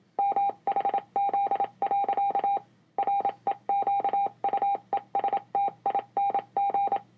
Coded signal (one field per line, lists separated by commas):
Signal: Morse code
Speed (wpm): 27 wpm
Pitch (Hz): 800 Hz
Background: none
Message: MHZ. REQUESTING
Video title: LONG MORSE CODE SPEAKER SOUND CHECK. 12-16-2019.